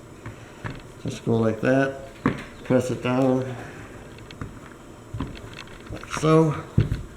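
A plastic cover is pressed down by hand onto the other half of the wand handle on a Husky 1750 pressure washer during an O-ring fix. Someone talks while small taps and handling sounds are heard. The cover has not yet snapped or seated into place by the end.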